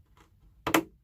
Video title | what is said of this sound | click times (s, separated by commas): Traxxas Chevy Blazer (8038) Led Light Kit | Yep, here it snapped right into place. | 0.7 s